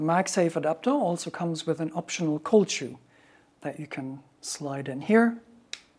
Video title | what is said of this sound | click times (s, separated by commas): The Ultimate Guide to Fjorden: Grip, App, and Accessories | clicks into place and then you can use it to Mount microphones LED lights | 5.7 s